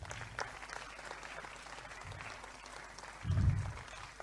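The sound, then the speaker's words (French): An audience applauding together for Jesus, a steady wash of many hands clapping at moderate volume with a brief low thump of louder noise near the end; no one speaks over it. “Est-ce qu'on peut applaudir pour Jésus?”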